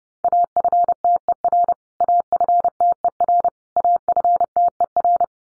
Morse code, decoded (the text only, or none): AFTER AFTER AFTER